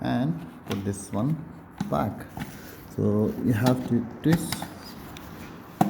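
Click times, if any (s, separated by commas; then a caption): 5.8 s. The plastic front of a C-Tech Alarmsense fire alarm manual call point is pushed back onto its back box while someone talks; it has to be clicked on rather than twisted. A sharp click at 5.8 s confirms the front has seated onto the back box.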